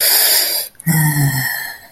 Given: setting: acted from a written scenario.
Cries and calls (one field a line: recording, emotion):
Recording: vocal sound without words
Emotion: serenity